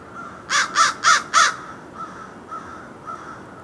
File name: Corvus brachyrhynchos - American Crow